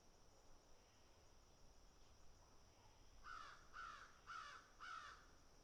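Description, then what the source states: Crow calls: after a few quiet seconds, four loud, harsh caws follow one another at a steady pace, with a thin constant hiss in the background. Crows picking and eating.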